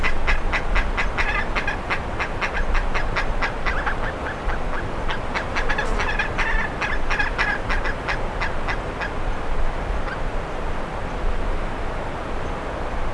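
Bird calls: bursts of harsh, honking notes that crowd together, then thin out and stop near the end, with a steady low rumble throughout.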